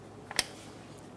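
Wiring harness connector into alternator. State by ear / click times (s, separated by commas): seated / 0.4 s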